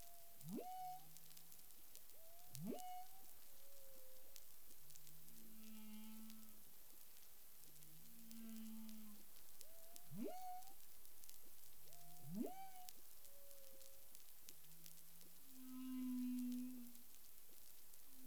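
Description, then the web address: Humpback whale calls: steep upsweeping whoops rising to a held tone, alternating with low steady moans, over a constant high hiss. Recorded 13 February 2021 at about 10:17 UTC. "CARIMAM. humpback whale"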